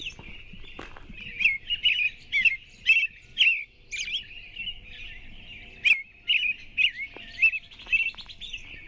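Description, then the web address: American robin singing a run of brief, slurred whistled notes, grouped into loose bursts about two a second, with scattered faint clicks in the background. "naturesounds AMRO-song"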